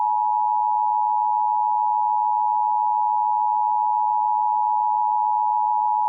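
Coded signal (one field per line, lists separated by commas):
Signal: Emergency Alert System (SAME) tones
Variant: 853 and 960 Hz attention tone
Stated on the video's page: Texas Required Monthly Test relayed by an AM broadcast station on 820 kHz, heard via its livestream.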